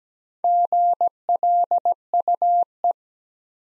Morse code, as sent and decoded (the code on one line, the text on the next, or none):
--. .-.. ..- .
GLUE